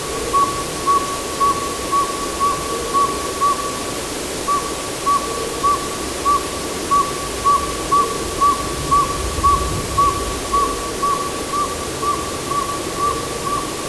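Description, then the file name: Northern Saw-whet Owl giving its steady series of short, even toots, about two per second, with a brief pause early on, over a constant hiss of background noise. "Northern Saw-whet Owl - Aegolius acadicus"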